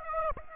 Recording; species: mosquito wingbeat signal from an infrared sensor; Aedes aegypti